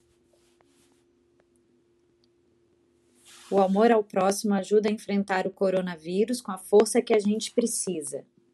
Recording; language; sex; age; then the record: spoken sentence; Brazilian Portuguese; female; 40 to 49 years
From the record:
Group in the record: control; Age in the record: 46 years